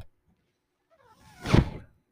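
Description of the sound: One soft, low, swelling whoosh of air lasting under a second, a person's own ventilator delivering a breath.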